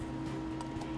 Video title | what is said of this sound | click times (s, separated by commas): Picosure Laser | you're going to put on your focus tip and you'll hear a snap and then | 0.6 s